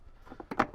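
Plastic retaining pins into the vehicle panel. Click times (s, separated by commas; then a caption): 0.6 s. Little white plastic retaining pins on a trim panel of a 2018–2023 Jeep JL Wrangler/JT Gladiator are lined up and pushed into the vehicle panel during an MB Quart Stage 6 tuned speaker system installation. Faint taps at 0.4 s and 0.5 s lead to a sharp click at 0.6 s as the pins seat.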